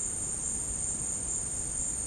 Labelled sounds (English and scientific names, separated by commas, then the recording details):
none
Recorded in secondary vegetation near Puerto Asís, Putumayo, Colombia, on 23 June 2025 at 14:30
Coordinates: 0.484, -76.319
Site G074